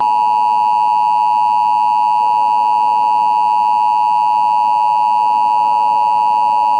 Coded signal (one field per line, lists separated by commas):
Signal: Emergency Alert System (SAME) tones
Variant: 853 and 960 Hz attention tone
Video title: LATE NIGHT FURY - A Tornado EAS Mock